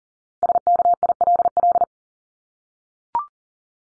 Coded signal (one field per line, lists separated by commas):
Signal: Morse code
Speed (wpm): 40 wpm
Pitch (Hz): 700 Hz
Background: none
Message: SKILL